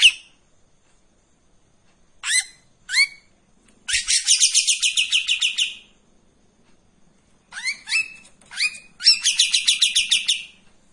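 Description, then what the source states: Streak-eared bulbul giving a few sharp separate notes, then a buzzy rattling run, then another group of separate notes and a second buzzy run, with quiet gaps between phrases. Active, loud bird giving long tembakan and besetan song phrases; clear audio, suitable as master audio for training white-rumped shamas.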